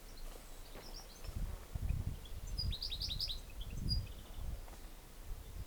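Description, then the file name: European goldfinch calls: a short burst of quick, liquid high twitters near the middle, with scattered thin notes, over repeated low rumbling gusts of noise. "Carduelis carduelis"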